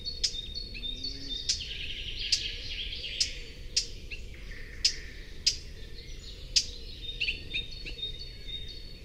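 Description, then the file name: Eurasian blackcap calls: hard, dry tac clicks repeated at irregular intervals, with soft warbling and thin whistles behind. "Sylvia atricapilla"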